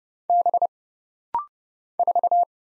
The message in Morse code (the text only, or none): B 4